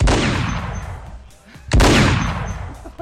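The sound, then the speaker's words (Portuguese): Two loud gunshot sound effects, each a sharp booming crack followed by a long, rumbling echo that slowly fades, with the second shot arriving just under two seconds after the first. “Cadê o tiro?”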